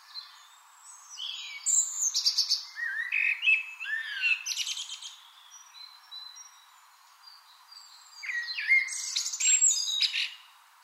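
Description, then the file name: Eurasian blackbird singing two bursts of fluty arching notes and scratchy high twitters, with a pause between them. "Turdus merula"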